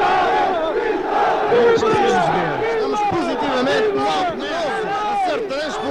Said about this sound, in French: Victoire, victoire, crie la foule.